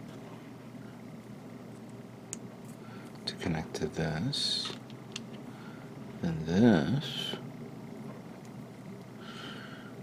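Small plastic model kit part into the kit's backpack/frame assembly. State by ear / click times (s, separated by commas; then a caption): not seated / none. A small plastic part of a 1/144 scale model kit is handled near the kit's backpack/frame assembly while someone talks, with a few light plastic ticks around 2.3, 3.3 and 5.2 seconds. The part has not seated or clicked into place yet.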